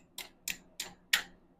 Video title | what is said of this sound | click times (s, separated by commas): Brake Caliper rebuild Ducati 900SS | There we go. It just snapped in place. | 1.1 s